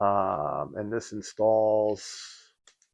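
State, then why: Not seated. Someone talks while handling a GRS gate restrictor plate over the plastic base of a Sanwa JLF arcade joystick, whose four hooks hold the plate. Two faint, brief ticks follow at about 2.7 s and 2.8 s. Nothing has seated or clicked yet; the plate has not been pressed down to snap into place.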